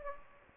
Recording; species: mosquito wingbeat signal from an infrared sensor; Anopheles gambiae